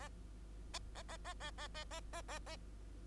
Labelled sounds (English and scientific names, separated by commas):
Bengalese Finch (Lonchura striata domestica) song